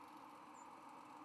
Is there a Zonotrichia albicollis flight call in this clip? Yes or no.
no